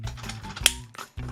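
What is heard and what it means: A plastic tab on a part of a transforming toy robot is pressed into its slot during manual transformation to dinosaur mode, after parts are detached and flipped around. A sharp, solid click is heard at 0.7 s over a low, steady hum, with quieter handling clicks around it. The tab seats in place.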